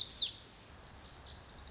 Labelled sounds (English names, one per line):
Lazuli Bunting